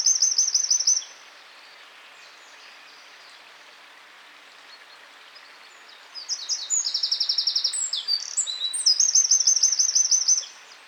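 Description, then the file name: Eurasian wren song: a high, loud rattling trill at the start, then after a long hushed pause a new burst of rapid trills and sharp notes running almost to the end. "Troglodytes troglodytes"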